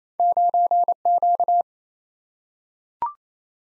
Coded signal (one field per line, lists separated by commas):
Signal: Morse code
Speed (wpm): 28 wpm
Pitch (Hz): 700 Hz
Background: none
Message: 9Q